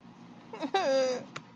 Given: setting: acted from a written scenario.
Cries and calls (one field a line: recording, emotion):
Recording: vocal sound without words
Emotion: distress